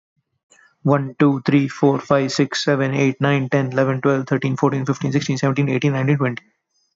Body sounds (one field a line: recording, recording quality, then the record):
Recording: counting at a fast pace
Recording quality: excellent, no background noise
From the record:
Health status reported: healthy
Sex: male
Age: 25 years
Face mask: not worn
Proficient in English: yes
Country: India